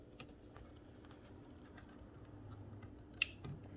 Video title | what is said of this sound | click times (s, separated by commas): How to Install 2020-2022 Toyota Highlander Platinum Sequential Dynamic Signal | When you hear the click, you know it's good. | 3.2 s